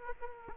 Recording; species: mosquito wingbeat signal from an infrared sensor; Aedes aegypti